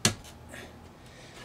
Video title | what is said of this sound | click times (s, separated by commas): Chrysler 300 Dodge Magnum Charger Fuel Pump Filter passenger replacement | so this is now clicked and place two so | 0.1 s